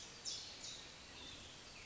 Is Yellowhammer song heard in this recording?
no